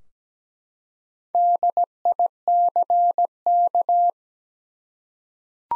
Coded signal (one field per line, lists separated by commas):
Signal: Morse code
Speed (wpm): 17 wpm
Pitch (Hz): 700 Hz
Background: none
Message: DICK